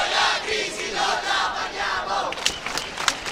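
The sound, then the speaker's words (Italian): A large crowd of university students in Rome chants a protest slogan in unison, loud rhythmic shouting with a few sharp claps or shouts near the end. “Scandendo questo slogan che ieri molti universitari romani hanno accolto la marcia indietro di Berlusconi sull'ipotesi di usare la polizia per sgomberare le facoltà occupate.”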